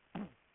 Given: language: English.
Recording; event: throat vibration sensor signal played as sound; throat clearing